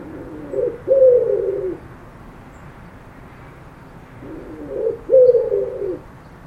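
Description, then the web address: Bird giving low, hollow cooing phrases, a short note followed by a longer one, repeated twice about four seconds apart, over faint background rumble. "cianscape birddata Deverinetal 2025 File origin Bird Only Co Pa"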